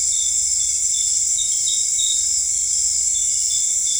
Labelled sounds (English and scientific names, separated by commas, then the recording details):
none
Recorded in dense forest near Puerto Asís, Putumayo, Colombia, on 26 December 2024 at 18:30
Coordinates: 0.485, -76.318
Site GP03